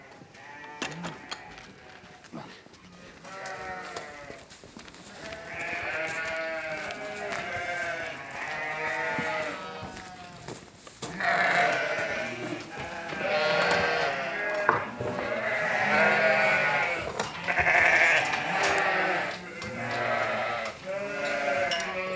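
A flock of ewes bleats almost without pause, many voices overlapping in wavering, quavering calls as they wait for their evening grain. The chorus swells after the first few seconds and stays dense, with louder bursts near the middle and end.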